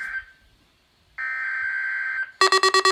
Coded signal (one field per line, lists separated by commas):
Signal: Emergency Alert System (SAME) tones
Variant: header bursts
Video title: Required Weekly Test 2 Failed’s And success EAS#101